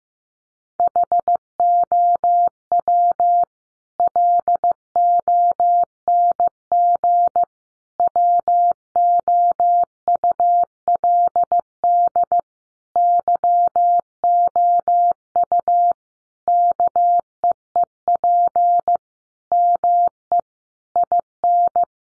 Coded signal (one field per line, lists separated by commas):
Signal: Morse code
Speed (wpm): 15 wpm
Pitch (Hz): 700 Hz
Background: none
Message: HOW LONG WOULD YOU KEEP ME IN